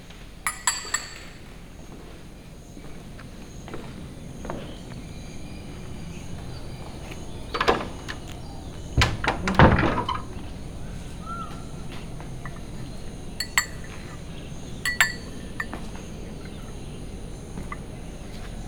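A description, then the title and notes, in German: Jungle ambience with a steady low rumble, a thin high insect whine, occasional brief bird calls, and sharp rustling cracks around seconds eight to ten. Immersive Binaural 3D Sounds of Haritha Villas+Spa - Hikkaduwa, Sri Lanka. Die akustische Welt des Dschungels.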